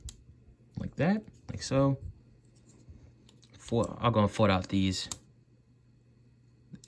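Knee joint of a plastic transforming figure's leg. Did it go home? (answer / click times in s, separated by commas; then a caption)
yes / 6.8 s. Someone talks while folding out the legs of a plastic transforming action figure, Legacy Kickback. A small, sharp click at 6.8 s marks the knee joint snapping and locking into place.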